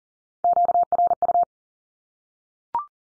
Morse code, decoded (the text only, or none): QRU